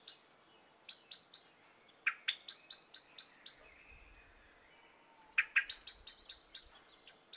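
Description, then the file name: Common blackbird calling with emphatic chink notes in three clusters, short pauses between. "Turdus merula"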